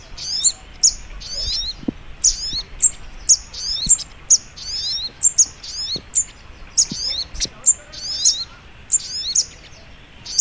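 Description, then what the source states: Little spiderhunter repeats high, sharp chirps and fast twittered notes in a lively, continuous series, with soft background hiss. Masteran (training recording) of sogok ontong in the labaik song style.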